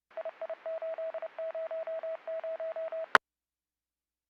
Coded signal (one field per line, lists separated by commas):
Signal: Morse code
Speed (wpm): 29 wpm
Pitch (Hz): 650 Hz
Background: radio noise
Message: II800E